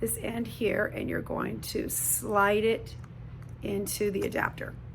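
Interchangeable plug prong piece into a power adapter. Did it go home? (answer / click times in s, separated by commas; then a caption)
no / none. Someone talks while sliding the prong end of an interchangeable plug piece into a power adapter. The clip ends before the piece goes home, so nothing has seated or snapped in yet.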